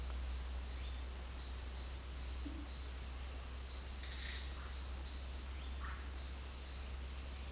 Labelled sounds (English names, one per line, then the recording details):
Russet-backed Oropendola
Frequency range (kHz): Russet-backed Oropendola 0.8-2.3 kHz
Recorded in dense forest near Puerto Asís, Putumayo, Colombia, on 20 February 2024 at 12:30
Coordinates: 0.502, -76.324
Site G6370